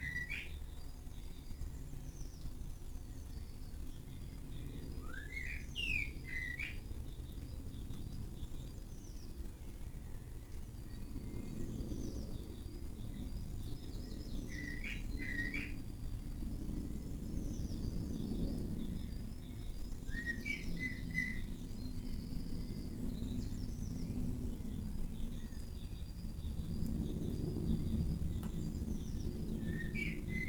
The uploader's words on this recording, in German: Frühmorgendliche Vogelkonversation. Morgends gegen halb sechs in meinem Garten unterhalten sich die verschiedensten Vogelarten lauter miteinander als die Marktschreier auf dem Hamburger Fischmarkt.